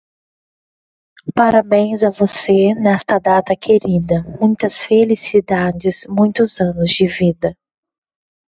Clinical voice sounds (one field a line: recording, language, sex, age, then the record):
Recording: short text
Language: Brazilian Portuguese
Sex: female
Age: 20 to 29 years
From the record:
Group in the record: control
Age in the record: 25 years